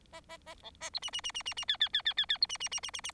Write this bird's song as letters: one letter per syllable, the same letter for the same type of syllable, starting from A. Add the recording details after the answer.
A A A B A C D D D D D D E E E E E E C D D D D D D. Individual Bird4